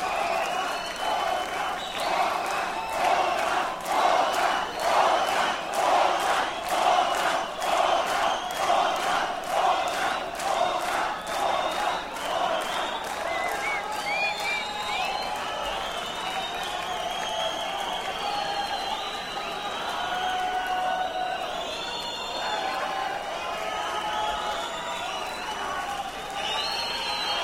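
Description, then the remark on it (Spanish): A concert crowd shouts the band's name and applauds loudly, clapping in a steady rhythm for the first half, then breaking into looser cheering and scattered high shouts that carry on at a constant roar. “Luego, mientras nosotros estamos pensando si estos güeyes serán unos mamones y ya se fueron, y mientras esos güeyes se hacen pendejos mientras salen, nosotros gritamos su nombre.”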